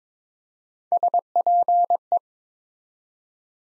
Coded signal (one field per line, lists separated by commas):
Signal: Morse code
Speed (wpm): 22 wpm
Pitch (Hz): 700 Hz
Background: none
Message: SPE